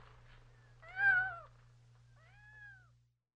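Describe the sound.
Cat giving two meows, a louder wavering one followed by a softer one, with a low steady hum underneath.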